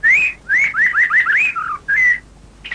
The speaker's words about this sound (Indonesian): Dan, hei, kau dengar suara burung itu? Merdu sekali, Inang.